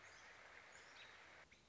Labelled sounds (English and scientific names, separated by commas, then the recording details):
American Robin (Turdus migratorius)
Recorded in Sonoma County, California